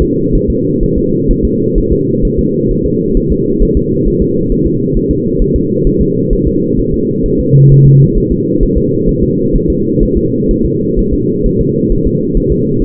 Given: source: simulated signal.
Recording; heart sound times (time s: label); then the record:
fetal heart sounds
0.02 s: S2
0.35 s: S1
0.50 s: S2
0.83 s: S1
0.98 s: S2
1.31 s: S1
1.45 s: S2
1.78 s: S1
1.92 s: S2
2.25 s: S1
2.39 s: S2
2.71 s: S1
2.86 s: S2
3.17 s: S1
3.32 s: S2
3.63 s: S1
3.77 s: S2
4.08 s: S1
4.22 s: S2
4.52 s: S1
4.67 s: S2
4.97 s: S1
5.11 s: S2
5.42 s: S1
5.56 s: S2
5.87 s: S1
6.01 s: S2
6.33 s: S1
6.47 s: S2
6.80 s: S1
6.94 s: S2
7.26 s: S1
7.40 s: S2
7.72 s: S1
7.86 s: S2
8.18 s: S1
8.32 s: S2
8.63 s: S1
8.78 s: S2
9.09 s: S1
9.23 s: S2
9.56 s: S1
9.70 s: S2
10.03 s: S1
10.17 s: S2
10.51 s: S1
10.66 s: S2
10.99 s: S1
11.14 s: S2
11.46 s: S1
11.61 s: S2
11.92 s: S1
12.07 s: S2
12.37 s: S1
12.52 s: S2
12.82 s: S1
From the record:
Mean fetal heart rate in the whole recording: 130 bpm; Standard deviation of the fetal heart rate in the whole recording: 4 bpm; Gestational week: 38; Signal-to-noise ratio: -11.2 dB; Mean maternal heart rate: 72 bpm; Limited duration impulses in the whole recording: present